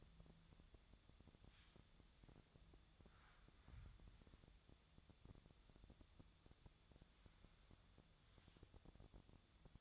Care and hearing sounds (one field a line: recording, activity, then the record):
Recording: daily activity, microphone in the room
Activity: wipe stove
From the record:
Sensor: 3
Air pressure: 1004.8 hPa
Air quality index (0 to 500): 79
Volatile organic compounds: 2 ppm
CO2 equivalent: 1189 ppm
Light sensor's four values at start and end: 8/18/7/7 and 8/18/7/7